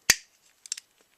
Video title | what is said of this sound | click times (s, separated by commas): How to build LEGO GLaDOS | get that nice click | 0.1 s